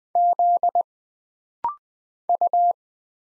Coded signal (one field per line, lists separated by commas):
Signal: Morse code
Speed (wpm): 20 wpm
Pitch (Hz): 700 Hz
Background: none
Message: Z U